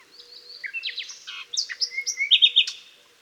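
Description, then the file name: Common nightingale song phrase: soft opening notes building into a quick series of loud, rhythmic chips and trills. "Luscinia megarhynchos"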